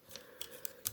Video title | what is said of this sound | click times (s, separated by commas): Transformers Studio Series 86 Voyager Class Scourge review | like so till it clicks, and then just store that in this chest cavity, | 0.9 s